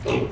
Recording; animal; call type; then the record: contact call of a hoofed animal; pig; closed-mouth grunt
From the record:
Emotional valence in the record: positive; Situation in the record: food and toys in familiar pen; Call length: 0.32 s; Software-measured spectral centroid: 1990 Hz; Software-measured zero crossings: 1300 a second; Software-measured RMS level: -24 dBFS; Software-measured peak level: -11 dBFS